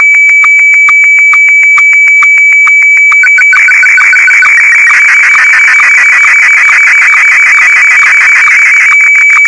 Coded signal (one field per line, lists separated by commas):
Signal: SSTV (slow-scan television)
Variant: Martin 1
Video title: UVB-76 Podcast. Episode 2, Part 5